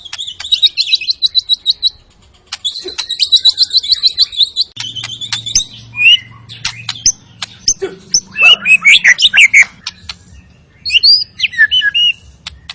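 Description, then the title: White-rumped shama song opening with fast high trilled rattles, then varied whistles, chips and warbled phrases; a low hum runs through the middle section. Lure sound of an energetic white-rumped shama singing its full repertoire, meant to stir up other shamas. "PANCINGAN MURAI BATU. MURAI GACOR SUPER EDAN SEMUA MATERI DI KELUARIN COCOK BUAT DONGKRAK EMOSI. SHAMA BIRD"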